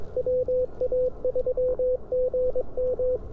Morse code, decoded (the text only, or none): WA3GM